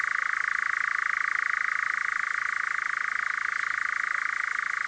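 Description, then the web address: European nightjar churring, a steady fast purring trill that runs on without a break throughout, over faint hiss. "caprimulgus europaeus call"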